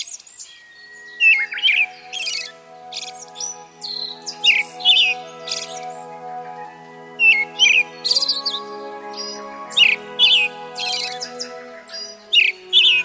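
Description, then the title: Brown-headed thrush singing short phrases of two or three clear, warbled notes with thin high trailing notes, repeated every one to two seconds over a steady low hum. Mount Tennyo, Yamanashi Prefecture, Japan. "天女山（山梨県）のアカハラ"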